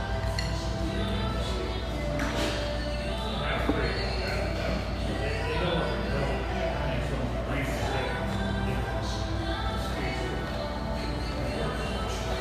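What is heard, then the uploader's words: Lively tea room chatter in Boise's North End, many overlapping voices at a steady, dense level with occasional clinks and brighter bursts throughout. Lively chatter from this spacious, vivacious tea room in the North End of Boise.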